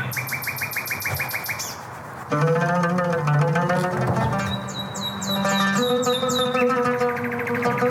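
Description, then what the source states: Nightingale singing rapid series of high, sharp repeated notes and quick trills, alongside sustained tones from human musicians' instruments. Nightingale chirps and trills in a piece with a voice, a string instrument and a clarinet; short phrases with spaces, seeming to take turns with the musicians.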